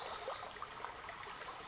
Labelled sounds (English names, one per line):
Pacific Wren